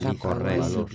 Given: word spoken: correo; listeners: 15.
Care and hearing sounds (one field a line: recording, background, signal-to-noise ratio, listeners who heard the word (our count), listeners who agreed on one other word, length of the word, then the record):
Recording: one Spanish word in noise, from a listening test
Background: four-talker babble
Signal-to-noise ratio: -2.5 dB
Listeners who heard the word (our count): 1 of 15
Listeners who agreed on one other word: 9 of 15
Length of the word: 0.55 s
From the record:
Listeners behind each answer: 9, 1, 1, 1, 1, 1, 1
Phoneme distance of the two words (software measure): 14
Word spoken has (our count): 3 syllables, 5 phonemes, stress on syllable 2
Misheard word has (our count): 2 syllables, 5 phonemes, stress on syllable 2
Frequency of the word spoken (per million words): 28.56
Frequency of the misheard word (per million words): 37.98